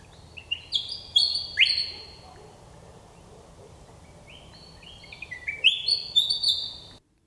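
Willie wagtail singing two bursts of quick, sweet whistled phrases with sliding notes, split by a few seconds of quiet before the second run.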